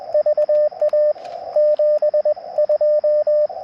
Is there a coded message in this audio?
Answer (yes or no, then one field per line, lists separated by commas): yes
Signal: Morse code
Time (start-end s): 0.1-3.5 s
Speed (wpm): 20 wpm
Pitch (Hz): 600 Hz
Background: radio noise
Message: VA 72